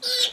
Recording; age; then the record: pig call; piglet (1 to 25 days)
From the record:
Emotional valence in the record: negative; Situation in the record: fighting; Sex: male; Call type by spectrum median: high-frequency call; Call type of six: high-frequency stable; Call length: 0.33 s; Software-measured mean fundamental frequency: 302 Hz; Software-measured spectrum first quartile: 3300 Hz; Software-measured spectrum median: 4046 Hz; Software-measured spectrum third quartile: 5051 Hz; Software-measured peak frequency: 3921 Hz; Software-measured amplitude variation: 155 dB a second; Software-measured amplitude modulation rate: 13.9 a second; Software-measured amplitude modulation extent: 11.2 dB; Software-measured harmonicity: 6.0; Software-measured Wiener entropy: -2.27